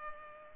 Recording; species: mosquito wingbeat signal from an infrared sensor; Culex pipiens